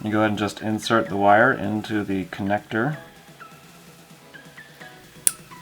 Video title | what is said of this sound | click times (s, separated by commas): Batrium Bms Shunt and WatchMon Install! | you could hear it snap in place so that was pin one on the plug and that is ground | 5.3 s